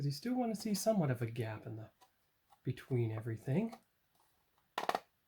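A plastic scale-model hull section is pressed onto the locating tabs of its mating section. Someone talks for most of the clip, then a short burst of sharp clicks starts at 4.8 s as the section snaps into place. The part seats with a small, clean snap.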